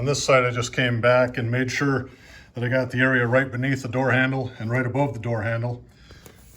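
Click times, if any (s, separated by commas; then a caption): 6.3 s. Someone talks while pressing the retaining trim strip home into the other side of a Larson Signature storm door frame, just above and below the door handle. A small, sharp click at 6.3 s confirms the strip is seated.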